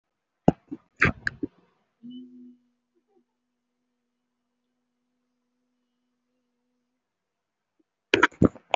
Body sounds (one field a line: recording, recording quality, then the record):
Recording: sustained vowel as in beet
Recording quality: excellent, no background noise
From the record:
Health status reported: healthy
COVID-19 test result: not tested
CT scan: not taken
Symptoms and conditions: none ticked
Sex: female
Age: 26 years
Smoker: no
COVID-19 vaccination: both doses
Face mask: worn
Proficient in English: yes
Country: India